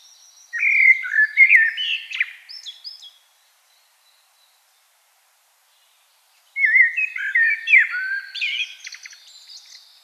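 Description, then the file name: Common blackbird song of two phrases, each of melodious fluty whistles followed by a jumble of high, scratchy twittering, with a quiet gap between them. "Turdus merula"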